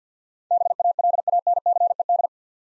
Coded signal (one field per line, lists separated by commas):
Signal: Morse code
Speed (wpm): 50 wpm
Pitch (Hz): 700 Hz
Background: none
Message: BALANCED